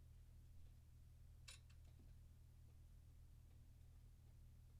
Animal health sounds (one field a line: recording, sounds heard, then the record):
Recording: poultry house recording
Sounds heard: no chicken sound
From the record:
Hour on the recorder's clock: 0